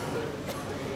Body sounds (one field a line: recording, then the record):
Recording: coughing mixed with background sound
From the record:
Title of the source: Coughing Woman Sound - Woman Cough Sound Effect